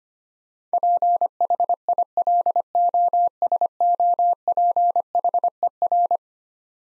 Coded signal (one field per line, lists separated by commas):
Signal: Morse code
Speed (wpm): 25 wpm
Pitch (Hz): 700 Hz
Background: none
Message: PHILOSOPHER